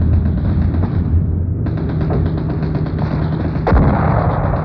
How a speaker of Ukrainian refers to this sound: Трашчэлі і кулямёты, але найболей біла артылерыя.